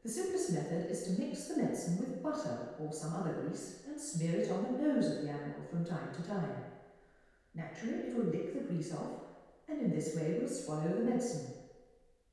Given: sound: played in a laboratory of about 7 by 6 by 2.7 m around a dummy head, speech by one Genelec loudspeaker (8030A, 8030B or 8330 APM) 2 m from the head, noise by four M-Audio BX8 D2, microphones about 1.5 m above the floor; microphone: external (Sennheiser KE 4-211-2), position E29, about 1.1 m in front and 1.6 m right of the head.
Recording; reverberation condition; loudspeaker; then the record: female speech in English; high; 30 degrees to the left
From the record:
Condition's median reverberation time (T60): about 1300 ms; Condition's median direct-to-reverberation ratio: about -4.0 dB